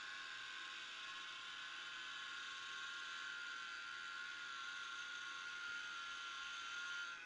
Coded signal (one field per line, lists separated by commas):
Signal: FT8